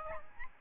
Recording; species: mosquito wingbeat signal from an infrared sensor; Aedes albopictus